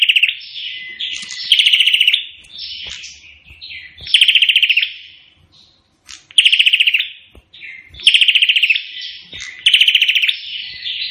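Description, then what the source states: Prinia rattling song, five rapid pulsed bursts, with buzzy trailing notes and scattered high chirps between them. Prenjak in vigorous full song (gacor), its call described as sounding like AK-47 gunfire.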